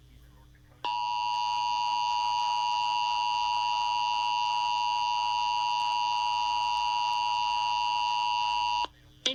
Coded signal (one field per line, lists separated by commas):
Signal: Emergency Alert System (SAME) tones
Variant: 853 and 960 Hz attention tone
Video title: EAS Tornado Warning Devils Lake, North Dakota (Benson and Ramsey Counties) KDLR-FM